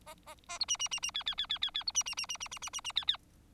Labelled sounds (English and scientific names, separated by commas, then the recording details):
Bengalese Finch (Lonchura striata domestica) song
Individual Bird4